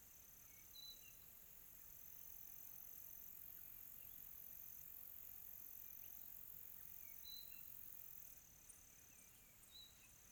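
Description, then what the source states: Cricket trilling in a steady high-pitched drone, with faint short chirps scattered through a quiet background hiss. Quiet tropical night.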